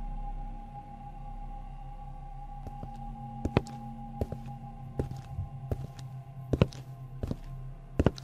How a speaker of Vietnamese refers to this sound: Bỗng nhiên, Minh nghe như có tiếng bước chân lộp cộp, tựa như là có người đang đi lại ở trên thuyền.